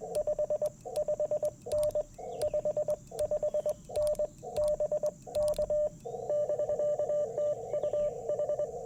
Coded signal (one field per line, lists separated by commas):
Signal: Morse code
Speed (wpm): 21 wpm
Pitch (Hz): 600 Hz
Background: radio noise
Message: 55N 55N BK <BK> TU H